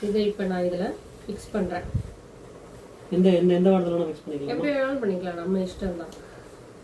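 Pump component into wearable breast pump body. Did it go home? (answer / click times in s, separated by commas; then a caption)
no / none. A plastic part of an Infanzo electric wearable breast pump is being handled and fitted into its housing, which must lock correctly at the side so air does not leak. Someone talks throughout, with a brief low thump near 1.9 s. Nothing has seated or clicked yet.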